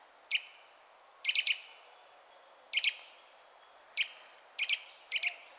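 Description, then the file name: Eurasian nuthatch calls: loud, abrupt notes, singly and in tight clusters of a few. "Sitta europaea"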